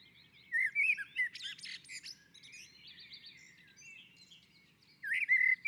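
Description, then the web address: Common blackbird song: a mellow fluted warble followed by thin, squeaky high twittering, then a fresh fluty phrase starting near the end; faint low background hum. On a roof. "sammel Naturinspelningar Koltrast på taket"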